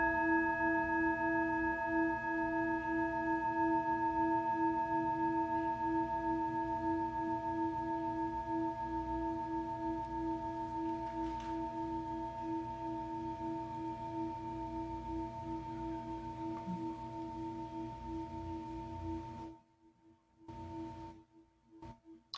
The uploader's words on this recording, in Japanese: メキシコから シンギングボウルのサウンドヒーリング ライブ。